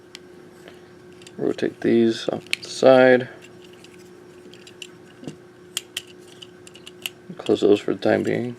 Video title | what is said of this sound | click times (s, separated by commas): Transformers Generations Voyager Class Whirl | and it'll click into place there | 0.1 s